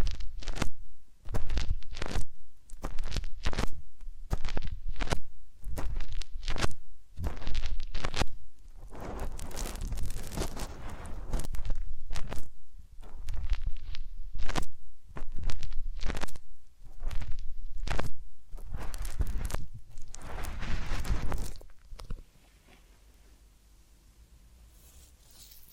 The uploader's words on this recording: ASMR Relaxing Massage, Ear Cleaning and Spa Making You Sleep Instantly (No Talking).